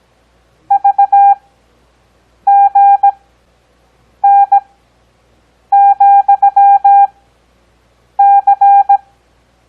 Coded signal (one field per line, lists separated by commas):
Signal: Morse code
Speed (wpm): 17 wpm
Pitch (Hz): 800 Hz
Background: none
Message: VGN,C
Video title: Copy Morse Code 4th Grade